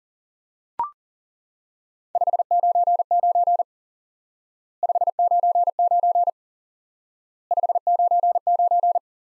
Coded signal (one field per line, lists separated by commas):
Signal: Morse code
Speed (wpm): 40 wpm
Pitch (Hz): 700 Hz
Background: none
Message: 599 599 599